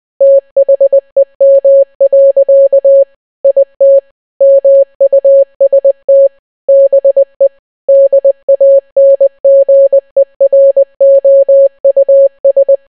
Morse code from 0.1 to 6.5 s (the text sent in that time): THEM. IT MUST